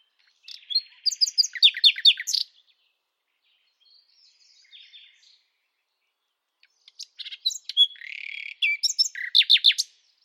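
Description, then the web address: Bird song with two loud phrases of fast, high, slurred chirps and rattles, split by a soft buzzy interlude and silence. "Deverinetal 2025 File origin Bird Only"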